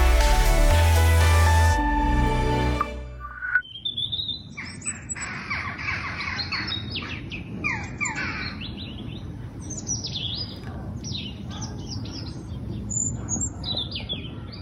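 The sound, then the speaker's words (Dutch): A few seconds of music cut off, giving way to robins and jackdaws calling: bright, varied chirping trills mixed with short, harsh squawks, repeating steadily over a soft, low background rumble. “We vonden dit een erg prettig geluid om de uitzending mee te beginnen. Roodborsten en kauwtjes.”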